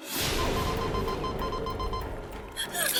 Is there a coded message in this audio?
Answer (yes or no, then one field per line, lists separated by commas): no